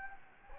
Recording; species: mosquito wingbeat signal from an infrared sensor; Anopheles gambiae